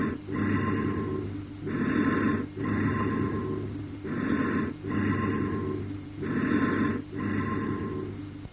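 Hollow, low-pitched breaths with ringing, high-pitched, echo-like overtones, about 25 breaths a minute. There is a short gap between each inspiration and the prolonged expiration. These are amphoric bronchial breath sounds in an adult chest, heard over a large smooth-walled lung cavity or a communicating hydropneumothorax.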